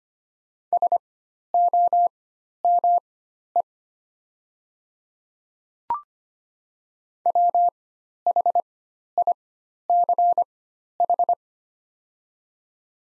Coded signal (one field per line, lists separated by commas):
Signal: Morse code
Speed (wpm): 25 wpm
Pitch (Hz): 700 Hz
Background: none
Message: SOME WHICH